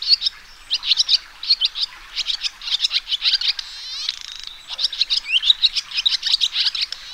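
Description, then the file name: Swallow twittering: quick clusters of squeaky chirps come in short bursts, broken by a brief sliding, buzzy note midway. "golondrina"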